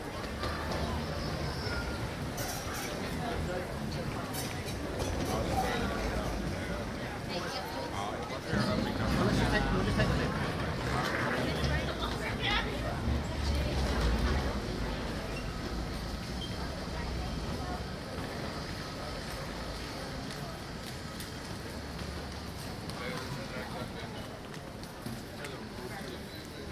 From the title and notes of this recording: Binaural recording of travelers at Amsterdam Airport Schiphol on a busy summer day. Schiphol is a so-called 'silent airport,' meaning no flight announcements are made. Schiphol Plaza.